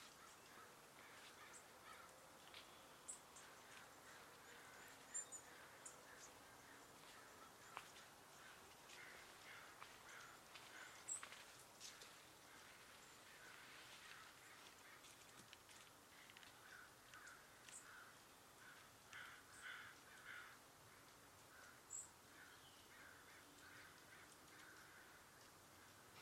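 Outdoors along footpaths at a Zen center, crows caw repeatedly in short, scattered bursts over a low, steady background hush. Brief sharp clicks and taps punctuate the scene every few seconds, with thin high chirps near 5, 11 and 22 seconds.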